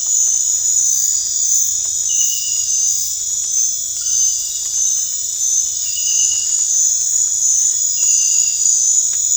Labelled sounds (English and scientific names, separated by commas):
none